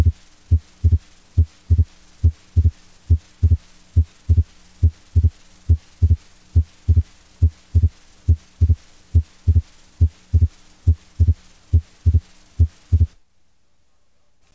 S2 split during inspiration and expiration. Valvular dysfunction and/or changes in blood flow to or from the ventricles can sometimes cause a persistent splitting of S2 throughout inspiration and expiration with little or no respiratory variation.